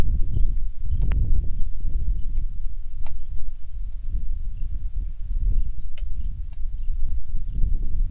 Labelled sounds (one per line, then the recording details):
songbird
wind
rain
insects
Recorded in the Prudhoe Bay oil fields, Alaska, on 27 July 2019 at 18:46
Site 19